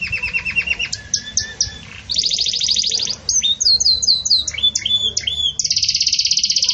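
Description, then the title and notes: Belgian canary song mixing rolling trills, clear whistled notes and sweeping slurs, closing with a fast, bright, even trill. Pure "campainha" (bell) song style with pauses, for training. "Canto Canário Belga Campainha Puro Com Pausa Para Treinamento. CANARIO BELGA"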